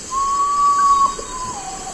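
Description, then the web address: Common potoo giving a long, steady, mournful whistle that drops to a lower note near the end, with a faint high insect hum behind. Eastern lowlands of South America. "ENTER Music and Audio. Nature Songs S America Eastern Lowlands. Common Potoo"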